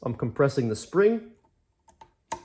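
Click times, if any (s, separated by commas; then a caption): 2.3 s. Someone talks while a valve spring compressor tool is pressed down onto a timing-area spring on a steel N20 engine, followed by a few faint ticks. At 2.3 s the tool's locking mechanism engages with a sharp click, and the compressor locks in place.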